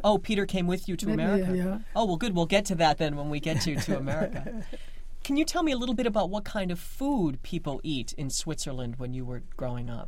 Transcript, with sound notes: Oh, Peter came with you to America?
Yeah. Yeah.
Oh, well, good. We'll get to that then, when we get you to America. [Laughs] Can you tell me a little bit about what kind of food people eat in Switzerland when you were growing up?